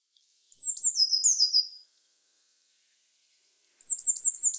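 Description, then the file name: Eurasian blue tit calling twice, high thin notes dropping into a buzzy churring trill, the second call beginning after a short silence. "Cyanistes caeruleus"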